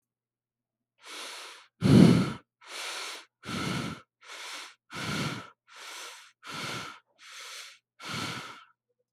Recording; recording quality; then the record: shallow breathing; excellent, no background noise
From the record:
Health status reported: COVID-19 positive, no symptoms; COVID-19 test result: positive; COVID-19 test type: RT-PCR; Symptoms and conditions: cold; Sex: male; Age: 40 years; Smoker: no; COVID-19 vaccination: both doses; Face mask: not worn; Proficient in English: yes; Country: India